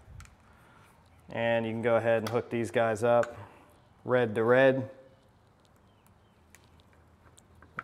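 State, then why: Seated. While fitting an electronic door lock, the red-to-red wire connector plugs of the lock are pushed into the matching lead after someone talks. Faint handling ticks come before a sharp click at 7.8 s as the connector seats.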